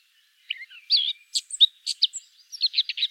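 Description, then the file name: Eurasian blackcap song phrase: a few scratchy notes, then clear fluty whistles and a quick closing run of sharp chirps. "Sylvia atricapilla"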